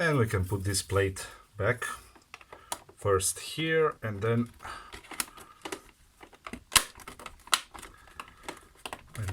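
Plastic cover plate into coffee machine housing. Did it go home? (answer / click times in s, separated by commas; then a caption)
yes / 7.5 s. A plastic cover plate is refitted to a coffee capsule machine's housing after a board repair, hooked in on one side first and then pressed into place. Someone talks at the start while scattered sharp plastic taps and clicks follow. The plate clicks into place at 7.5 seconds and is seated.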